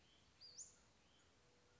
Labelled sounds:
Western Flycatcher (Empidonax difficilis)
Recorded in Sonoma County, California

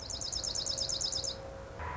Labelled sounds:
Dark-eyed Junco (Junco hyemalis)
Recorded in Sonoma County, California

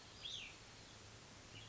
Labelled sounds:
Cassin's Vireo (Vireo cassinii)
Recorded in Sonoma County, California

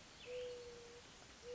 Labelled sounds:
Mourning Dove (Zenaida macroura)
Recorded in Sonoma County, California

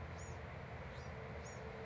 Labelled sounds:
Bewick's Wren (Thryomanes bewickii)
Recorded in Sonoma County, California

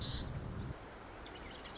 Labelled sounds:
Marsh Wren (Cistothorus palustris)
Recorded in Sonoma County, California

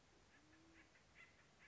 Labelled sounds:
Acorn Woodpecker (Melanerpes formicivorus)
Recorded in Sonoma County, California

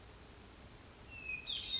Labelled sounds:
Hermit Thrush (Catharus guttatus)
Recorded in Sonoma County, California

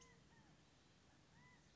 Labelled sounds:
California Quail (Callipepla californica)
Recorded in Sonoma County, California

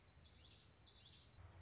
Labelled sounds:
Common Yellowthroat (Geothlypis trichas)
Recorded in Sonoma County, California

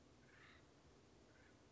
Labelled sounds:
Acorn Woodpecker (Melanerpes formicivorus)
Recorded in Sonoma County, California

